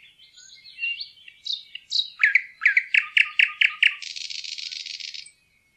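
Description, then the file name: Thrush nightingale singing a warble, then a run of several loud, evenly spaced clicking notes ending in a long buzzing rattle. "nattergal"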